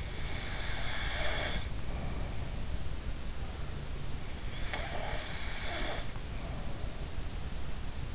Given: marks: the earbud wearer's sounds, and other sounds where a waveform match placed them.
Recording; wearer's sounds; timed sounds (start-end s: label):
sounds in sleep by an in-ear microphone; snoring breath
0.00-2.69 s: snoring breath
4.71-7.15 s: snoring breath